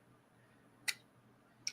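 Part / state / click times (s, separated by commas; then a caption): perfume bottle cap onto glass bottle neck / partly seated / 0.9 s, 1.7 s. A heavy metal-plated cap with plastic filling is pressed onto the neck of a glass perfume bottle, giving two sharp clicks at 0.9 s and 1.7 s over a quiet background. The cap does not click on completely, but it holds strong.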